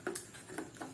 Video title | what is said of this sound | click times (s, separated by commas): Materi 2 Prosedur Pengoperasian Kamera | maka ini sudah terkunci baterai yang kita pasang | 0.1 s, 0.2 s